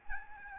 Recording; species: mosquito wingbeat signal from an infrared sensor; Aedes albopictus